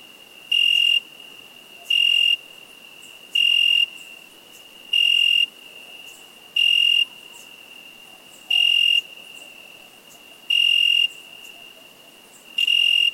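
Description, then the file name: Cricket chirps in a steady series, eight shrill trilled bursts every one and a half to two seconds over a continuous faint high tone. "Cricket insect"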